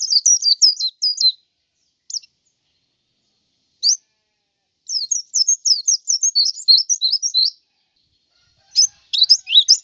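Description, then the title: White-eye song: high, thin twittering bursts of quick rising and falling notes, delivered in short phrases and single notes separated by pauses of up to about two seconds, with no other sounds. "Suara burung pleci"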